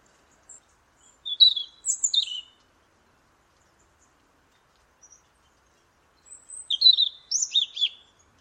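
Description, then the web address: European robin song: two thin, high warbled phrases of sliding and trilled notes, separated by about four seconds of silence. "Deverinetal 2025 File origin Bird Only Er Ru"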